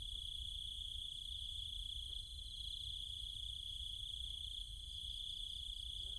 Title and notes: Cicada countryside, Thailand. Nighttime sounds of the cicadas and insects in the trees and fields, Chiang Mai, Thailand. Recorded by Alex Boyesen